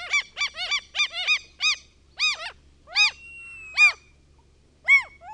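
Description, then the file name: Common gull uttering rapid short arched notes that slow and space out, with one thin drawn-out note in the middle. The recordist's own bird recording. "KALALOKKI"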